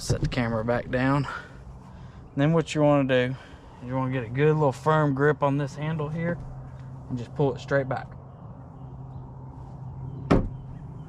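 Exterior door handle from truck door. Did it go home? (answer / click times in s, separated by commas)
released / 10.3 s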